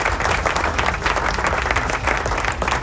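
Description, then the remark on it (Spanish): An applause sound effect: steady, dense applause from a crowd, many hands clapping at once in a continuous crackling wash that stays loud and even for a few seconds, with no voices standing out. “Estos son los aplausos.”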